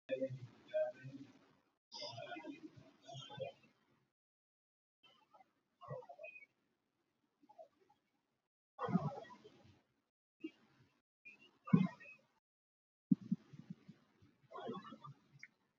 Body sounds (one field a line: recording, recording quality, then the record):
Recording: deep breathing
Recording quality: poor, much background noise or distortion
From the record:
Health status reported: healthy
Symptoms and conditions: none ticked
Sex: male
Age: 29 years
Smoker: not ticked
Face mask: not worn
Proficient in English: yes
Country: India